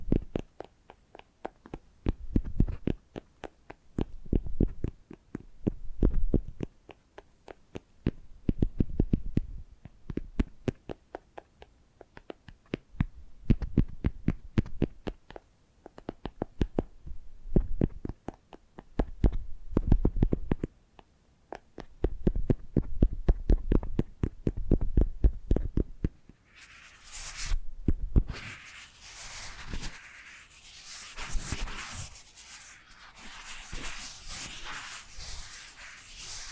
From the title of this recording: First Person Triggers Ear Scratching, Face Brushing etc (No Talking)